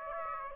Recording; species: mosquito wingbeat signal from an infrared sensor; Aedes aegypti